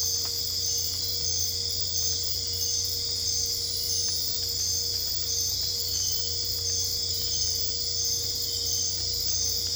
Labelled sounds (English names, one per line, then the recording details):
none
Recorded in dense forest near Puerto Asís, Putumayo, Colombia, on 22 December 2024 at 23:30
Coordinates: 0.485, -76.318
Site GP03